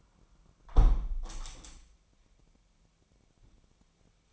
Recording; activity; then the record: daily activity, microphone in the room; close window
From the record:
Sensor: 1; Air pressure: 997.9 hPa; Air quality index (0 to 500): 122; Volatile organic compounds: 3 ppm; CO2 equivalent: 1443 ppm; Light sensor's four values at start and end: 17/57/23/23 and 17/57/23/23